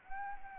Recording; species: mosquito wingbeat signal from an infrared sensor; Anopheles arabiensis